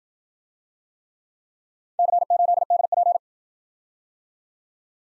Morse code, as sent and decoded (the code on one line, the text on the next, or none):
-.-. ---.. -.. .--.
C8DP